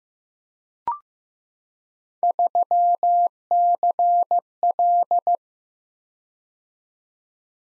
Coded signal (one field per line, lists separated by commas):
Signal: Morse code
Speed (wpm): 15 wpm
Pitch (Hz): 700 Hz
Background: none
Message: 3CL